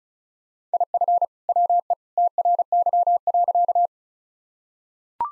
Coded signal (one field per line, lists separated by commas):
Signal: Morse code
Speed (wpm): 35 wpm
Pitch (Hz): 700 Hz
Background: none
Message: IF WE TRY.